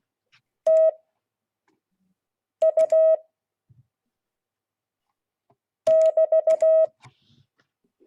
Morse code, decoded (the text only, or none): TU <BT>